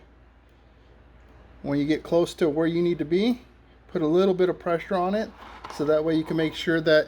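A snap-on watch case back is centered and lined up in a watch press over the watch case before any pressure is applied, while someone talks. The stretch is quiet with no hits, and the case back has not snapped in yet.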